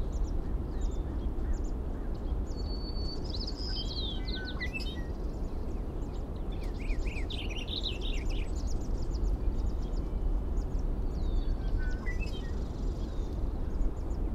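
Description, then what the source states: Birds give scattered high chips and two bursts of rapid warbling song, all over a steady low rumble. Birds recorded at 05:55; date given as 070506.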